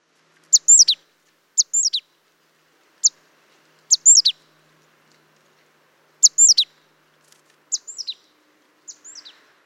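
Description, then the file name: Great tit calls: high, sharp notes in short clusters of one to three, spaced irregularly, on a quiet background. "Parus major"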